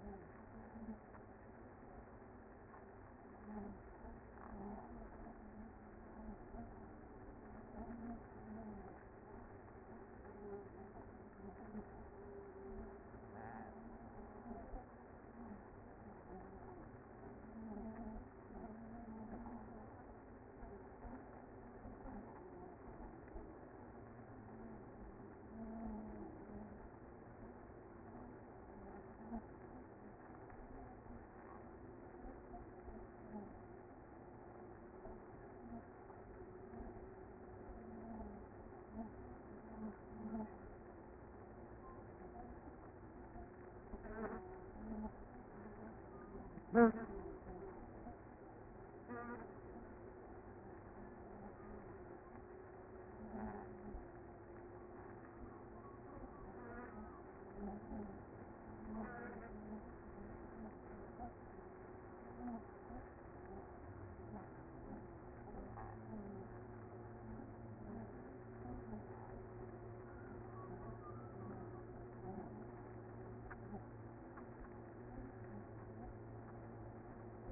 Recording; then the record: honeybee colony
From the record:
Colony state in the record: active